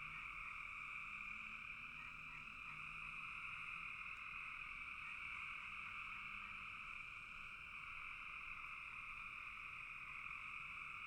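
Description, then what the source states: Frogs calling in a dense, steady chorus, a continuous rasping trill. Frogs in a bog.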